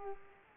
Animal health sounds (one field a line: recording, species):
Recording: mosquito wingbeat signal from an infrared sensor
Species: Aedes aegypti